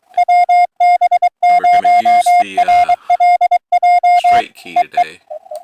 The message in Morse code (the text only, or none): WB0RLJ E E